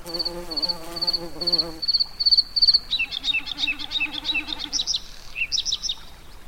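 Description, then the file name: Insects buzzing, a wavering, droning hum for nearly two seconds that then breaks off, while a bird repeats short, high chirping phrases throughout. Tundra habitat soundscape. "insects and tundra habitat"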